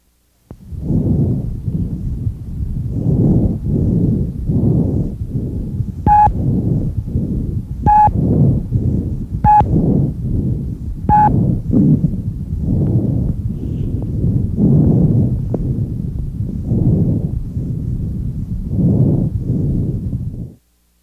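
Bronchovesicular breath sounds heard over an adult chest by stethoscope: a mixture of bronchial and vesicular sounds, with inspiratory and expiratory phases about equal in length. Normally audible anteriorly near the main stem bronchi in the first and second intercostal spaces, and posteriorly between the scapulae; heard elsewhere they may indicate lung consolidation.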